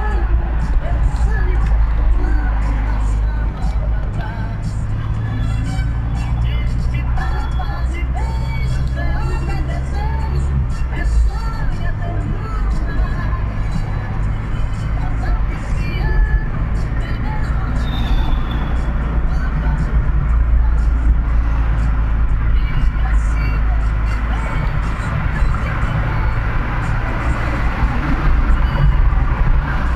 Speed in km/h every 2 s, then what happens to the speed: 33, 33, 35, 37, 38, 45, 48, 49, 52, 53, 51, 48, 49, 51, 54.
0-17 speeds up to 53. 17-23 steady at about 51. 23-30 speeds up to 54.